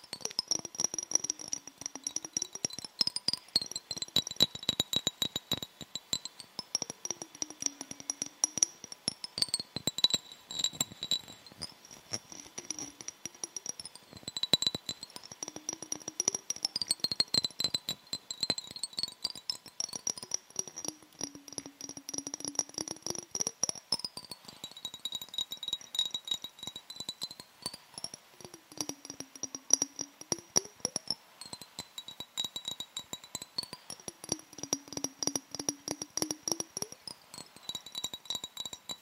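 Fingers tap, touch and scratch a microphone in a dense, busy stream of small clicks and rasps that runs through the whole 39 seconds. A hollow, swooshing sweep rises and falls every few seconds, with a faint steady tone underneath.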